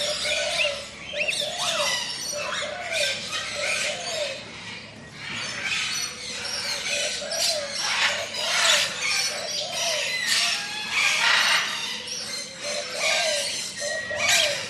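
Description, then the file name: Loud parrots and parakeets screeching and squawking in overlapping waves, with lower rising-and-falling calls repeating through the busy aviary chorus. Ambience in a large tropical aviary with parrots, parakeets and other birds; lawn mower in the distance. "zapsplat animals birds tropical large avery amb parrots parakeets"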